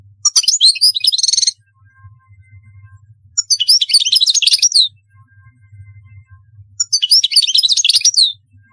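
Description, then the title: European goldfinch song in three short bursts of bright, tinkling twitters and trills, each lasting about a second and a half, separated by quiet gaps. "Chant Chardonneret"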